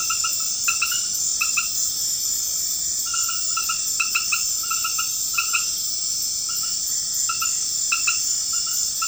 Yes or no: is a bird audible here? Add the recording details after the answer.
no. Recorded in pastures near Puerto Asís, Putumayo, Colombia, on 12 March 2025 at 21:00. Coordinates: 0.502, -76.324. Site GP07